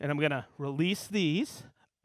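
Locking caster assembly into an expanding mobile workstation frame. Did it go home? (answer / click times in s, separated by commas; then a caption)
no / none. A locking caster assembly on an expanding mobile workstation frame is being handled and is about to be released. Someone talks through the whole clip, with no distinct mechanical snap heard. Nothing has seated or clicked yet.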